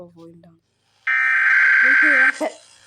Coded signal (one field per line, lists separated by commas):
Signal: Emergency Alert System (SAME) tones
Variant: header bursts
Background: speech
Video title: Reacting to EAS Alarms Of AROUND THE WORLD (these are real alarms btw)